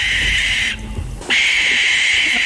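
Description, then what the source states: Barn owl giving a harsh hissing screech, a short gap, then a second drawn-out screech to the end. Nocturnal, heard only at night; its startling call and white face and wings gave rise to many stories and legends, and it was even taken for a ghost.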